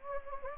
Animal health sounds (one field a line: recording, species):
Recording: mosquito wingbeat signal from an infrared sensor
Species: Anopheles gambiae